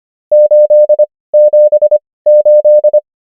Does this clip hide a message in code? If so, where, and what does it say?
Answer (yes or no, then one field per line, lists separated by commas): yes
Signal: Morse code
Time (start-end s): 0.3-3.0 s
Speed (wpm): 25 wpm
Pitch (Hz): 600 Hz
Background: none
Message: 878